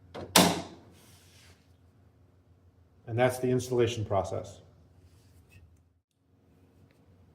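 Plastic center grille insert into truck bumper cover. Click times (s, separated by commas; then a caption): 0.4 s. A plastic center grille insert for a 2015-2023 Ford F-150, put in bottom first with its arrow pointing up, is rocked into the truck's bumper cover until its retention tab snaps in with a sharp, loud snap at 0.4 s, just after a softer knock. Someone talks briefly afterward, and the insert is seated in the bumper.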